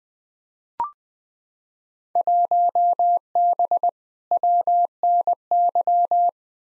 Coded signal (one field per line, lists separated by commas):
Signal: Morse code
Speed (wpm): 20 wpm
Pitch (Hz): 700 Hz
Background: none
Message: 1B WNY